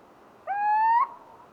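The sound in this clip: Little owl sounding one smooth hoot that climbs gently in pitch over half a second, then fades into a soft trailing tone.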